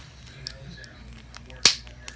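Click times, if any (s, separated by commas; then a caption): 1.7 s. A sublimation blank insert is pressed into its holder or frame, and a single sharp, loud snap is heard at 1.7 s as it seats into place. A few faint ticks and handling noises come before and after.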